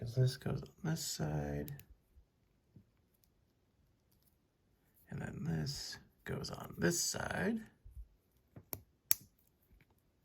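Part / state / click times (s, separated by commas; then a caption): plastic kit part onto the side of a figure body / seated / 9.1 s. Someone talks while a plastic model kit part is pushed onto one side of a figure body. After a few faint taps, a sharp click at 9.1 s marks the part seating in place.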